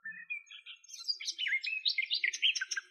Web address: Sylvia borin